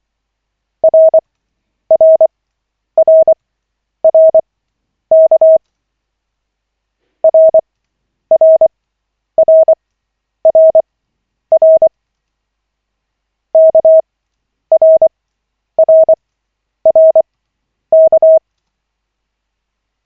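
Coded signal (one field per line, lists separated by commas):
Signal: Morse code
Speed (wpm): 24 wpm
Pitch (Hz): 640 Hz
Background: none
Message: RRRRK RRRRR KRRRK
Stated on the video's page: Koch-method Morse practice session of five minutes, lesson 5 of 40, generated by the LCWO.net website.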